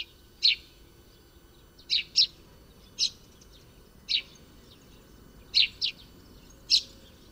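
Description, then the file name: Eurasian tree sparrow calling with sharp, high chirps, sometimes paired, about eight notes spaced unevenly throughout, with faint low rumble beneath. "moineau friquet"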